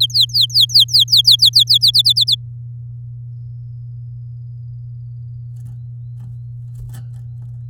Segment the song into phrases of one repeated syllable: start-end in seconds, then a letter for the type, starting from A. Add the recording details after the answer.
0.00-1.91 A, 1.94-2.35 B. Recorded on 8 May 2018 at 10:36. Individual llb16